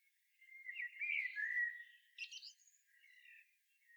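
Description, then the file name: Common blackbird singing a soft, quiet warbled phrase with a brief higher squeak, against a faint, hushed background. "Turdus merula"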